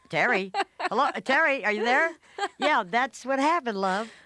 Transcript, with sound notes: Terry. Hello, Terry, are you there?
(Laughter).
Yeah, that's what happened, love.